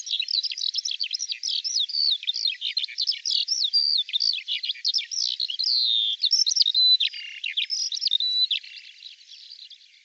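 Bird song pouring out as a fast, unbroken high warble of chirps and slurred whistles, easing off and fading near the end.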